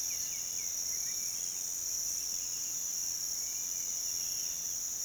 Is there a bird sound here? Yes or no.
no